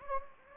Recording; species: mosquito wingbeat signal from an infrared sensor; Anopheles gambiae